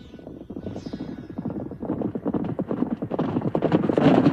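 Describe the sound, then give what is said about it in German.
Steady hoofbeats of a stolen horse clip-clop in a quick, regular rhythm, growing gradually louder over the few seconds, with a low rumble underneath and no voices. “Da ist er. Pferdedieb. Sicher, Marshall? Sicher bin ich sicher. Ich kenne doch meinen Gaul.”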